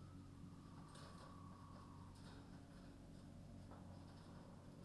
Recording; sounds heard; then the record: poultry house recording; healthy chickens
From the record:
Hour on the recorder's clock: 22